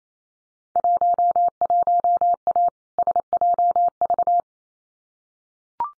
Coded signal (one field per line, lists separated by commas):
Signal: Morse code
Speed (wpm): 28 wpm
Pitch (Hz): 700 Hz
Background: none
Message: 11A SJV